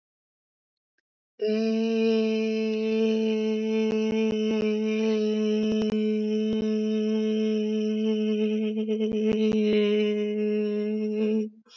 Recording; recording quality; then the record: sustained vowel as in made; excellent, no background noise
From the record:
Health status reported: exposed to COVID-19, no respiratory illness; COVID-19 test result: negative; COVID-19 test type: RT-PCR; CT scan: not taken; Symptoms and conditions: none ticked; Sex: female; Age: 22 years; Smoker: no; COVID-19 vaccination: one dose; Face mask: not worn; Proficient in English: yes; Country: India